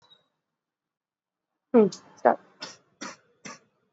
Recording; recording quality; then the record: heavy voluntary cough; poor, much background noise or distortion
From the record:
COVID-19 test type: RT-PCR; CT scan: not taken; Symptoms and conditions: cough, cold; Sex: male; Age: 26 years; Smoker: yes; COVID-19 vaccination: both doses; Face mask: worn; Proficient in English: yes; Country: India